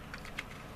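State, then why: Not seated. The plastic back shell of an N64 game controller is being handled and placed onto the controller body. Light plastic taps are heard at about 0.1 s and 0.4 s, the second one louder. Nothing has seated or clicked into place yet.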